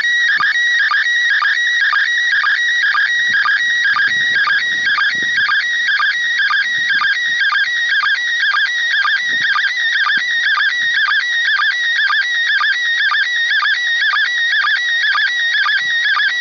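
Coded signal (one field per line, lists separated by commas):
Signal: SSTV (slow-scan television)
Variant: PD 120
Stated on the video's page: ISS MAI-75 SSTV images in PD120 mode, received from the International Space Station on a TH-D74E with an Arrow-2 antenna.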